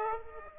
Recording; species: mosquito wingbeat signal from an infrared sensor; Aedes aegypti